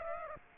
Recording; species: mosquito wingbeat signal from an infrared sensor; Aedes aegypti